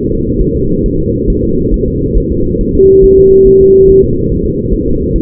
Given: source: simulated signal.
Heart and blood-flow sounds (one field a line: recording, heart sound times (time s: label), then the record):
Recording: fetal heart sounds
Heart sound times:
0.11 s: S2
0.41 s: S1
0.56 s: S2
0.86 s: S1
1.00 s: S2
1.30 s: S1
1.44 s: S2
1.74 s: S1
1.88 s: S2
2.18 s: S1
2.32 s: S2
2.61 s: S1
2.75 s: S2
3.04 s: S1
3.18 s: S2
3.47 s: S1
3.61 s: S2
3.90 s: S1
4.04 s: S2
4.32 s: S1
4.46 s: S2
4.74 s: S1
4.88 s: S2
5.16 s: S1
From the record:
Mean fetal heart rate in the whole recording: 135 bpm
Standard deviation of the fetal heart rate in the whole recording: 3 bpm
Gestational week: 36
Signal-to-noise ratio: -15.3 dB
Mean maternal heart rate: 72 bpm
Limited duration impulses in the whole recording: present